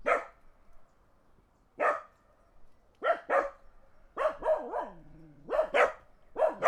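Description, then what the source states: Dog barking, single barks at first, then faster clusters of sharp barks. Dogs barking in the countryside.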